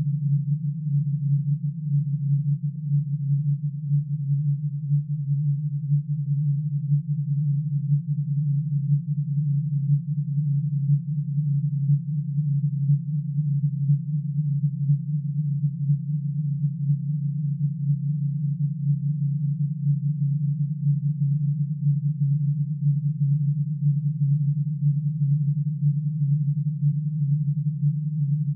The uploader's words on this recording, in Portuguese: Sons Binaurais para Foco e Concentração.